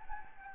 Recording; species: mosquito wingbeat signal from an infrared sensor; Anopheles gambiae